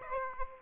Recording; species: mosquito wingbeat signal from an infrared sensor; Aedes aegypti